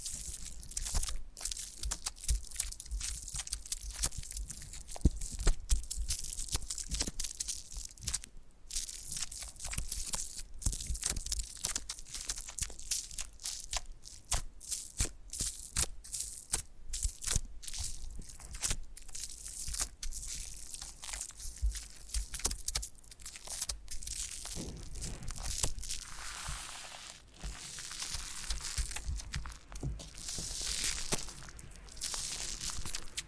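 Foam being massaged gives a dense, steady stream of bright crackles and small pops, like squeezing and crumpling, with sharper snaps every second or so. Around the 25-second mark the sound turns softer and more hissy for a few seconds before the crackling resumes.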